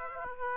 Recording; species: mosquito wingbeat signal from an infrared sensor; Aedes aegypti